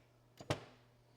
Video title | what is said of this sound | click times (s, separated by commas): DIY GM TBI Rebuild - Complete Step-by-Step Guide | And then when you go to lock that into place, you'll hear it snap. Both of these did that. | 0.5 s